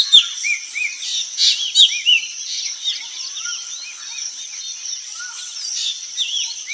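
Birds singing, a dense chorus of short high chirps and rising and falling notes, many overlapping, with occasional lower whistled slurs beneath.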